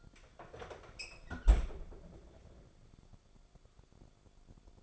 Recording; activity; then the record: daily activity, microphone in the room; close fridge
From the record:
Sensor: 5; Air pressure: 1004.7 hPa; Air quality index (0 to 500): 156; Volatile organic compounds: 3 ppm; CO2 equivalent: 1469 ppm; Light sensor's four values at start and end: 23/53/21/20 and 21/48/19/17